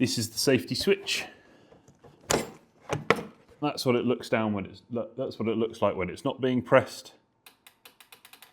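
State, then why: Seated. Someone talks while the collection bag frame is pressed into place on a Sherpa wheeled leaf vacuum, pushing down its plastic safety switch. After the talk, a short run of quiet ratchet-like clicks begins at 7.5 s and continues to about 8.4 s. The frame is seated and the safety switch is pressed.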